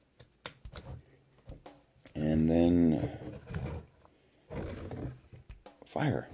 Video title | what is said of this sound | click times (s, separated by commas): Star Wars Rey's Speeder The Force Awakens | fires it sounds very cool so obviously just slide it into you hear click and then | 0.5 s